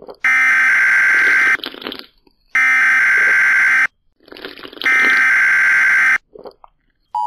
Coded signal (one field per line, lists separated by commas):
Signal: Emergency Alert System (SAME) tones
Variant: header bursts